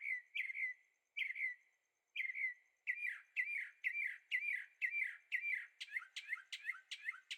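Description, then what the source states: Bird song of harmonic, slurred notes, first spaced out, then quickening into a steady run of short notes. Birds singing at night in Carefree, Arizona; recorded with a Zoom H6 using stereo microphones.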